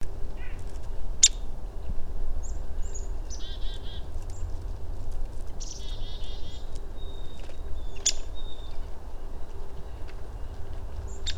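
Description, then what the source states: Downy woodpecker giving a few sharp, high pik calls several seconds apart, with chickadees' buzzy harmonic notes between them over a steady low background hum. Calling and foraging; chickadees also in the area.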